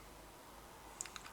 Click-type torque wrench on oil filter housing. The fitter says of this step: get nice and torque down until you hear the click on this style of torque wrench.